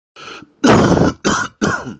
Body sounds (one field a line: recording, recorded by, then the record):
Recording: voluntary cough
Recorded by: messaging app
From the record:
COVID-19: positive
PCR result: self-reported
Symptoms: yes